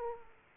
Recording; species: mosquito wingbeat signal from an infrared sensor; Aedes aegypti